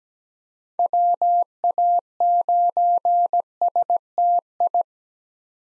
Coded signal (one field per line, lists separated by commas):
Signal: Morse code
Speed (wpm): 17 wpm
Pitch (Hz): 700 Hz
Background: none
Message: WA9STI